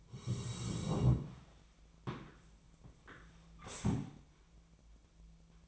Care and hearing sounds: daily activity, microphone in the room; sit down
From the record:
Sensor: 1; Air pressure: 1000.4 hPa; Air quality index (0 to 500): 180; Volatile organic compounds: 4 ppm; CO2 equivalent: 1660 ppm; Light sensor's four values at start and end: 13/30/13/15 and 13/31/13/15

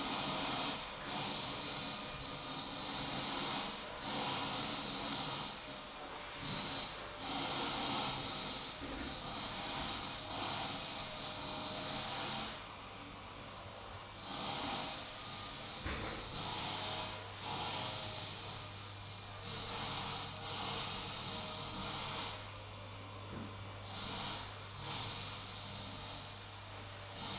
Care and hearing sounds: daily activity, microphone in the room; vacuum cleaning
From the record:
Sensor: 1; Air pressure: 991.8 hPa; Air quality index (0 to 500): 184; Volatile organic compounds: 1000 ppm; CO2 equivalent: 7039 ppm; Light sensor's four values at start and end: 28/99/38/38 and 28/99/38/38

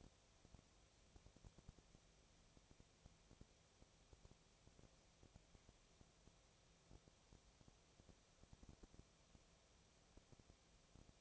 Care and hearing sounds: daily activity, microphone in the room; no activity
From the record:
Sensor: 1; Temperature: 19.6 degrees Celsius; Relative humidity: 36.5%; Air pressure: 997.0 hPa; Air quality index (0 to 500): 204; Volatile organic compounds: 129 ppm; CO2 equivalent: 3921 ppm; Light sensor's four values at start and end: 1/2/1/1 and 1/2/1/1

